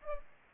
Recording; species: mosquito wingbeat signal from an infrared sensor; Aedes aegypti